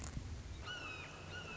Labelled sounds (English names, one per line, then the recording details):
Red-shouldered Hawk
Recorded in Sonoma County, California